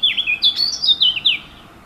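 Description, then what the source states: Warbler song fragment: a short burst of rich, warbling notes, swooping up and down, lasting under one and a half seconds, then quiet. Recorded 15 June 2014 on a MiniDisc recorder.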